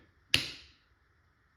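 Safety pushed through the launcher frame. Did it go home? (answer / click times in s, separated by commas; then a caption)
yes / 0.3 s. During reassembly of an LL4D less-lethal launcher, the safety pin is pushed through the launcher frame while the spring-loaded part is held compressed. A single sharp, loud click sounds at 0.4 s, with bright ringing that fades out by about 0.8 s. The safety clicks into place and is seated.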